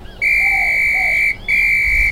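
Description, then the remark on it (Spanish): A safety whistle blown loudly in two long, shrill blasts, the first about a second long and the second slightly shorter after a brief pause, with a steady piercing high tone. “traía un silbato que me dio Alicia para usarlo en caso de amenaza. ¡Aquí lo traigo!”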